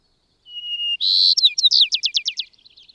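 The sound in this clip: Bird song: a high steady whistle breaks into a loud buzzy note, then about eight crisp descending chirps, fading into soft twittering.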